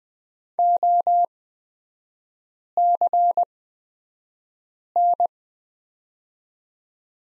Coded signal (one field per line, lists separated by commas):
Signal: Morse code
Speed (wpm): 20 wpm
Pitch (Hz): 700 Hz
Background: none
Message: OCN